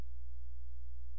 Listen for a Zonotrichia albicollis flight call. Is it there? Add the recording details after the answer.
no. No flight call is heard. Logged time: 00:16 on 16 September 2014